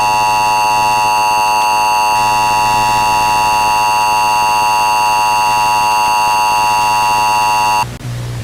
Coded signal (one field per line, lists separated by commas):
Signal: Emergency Alert System (SAME) tones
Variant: 853 and 960 Hz attention tone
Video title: Realtime Weekly Alert Simulation | An EAS Scenario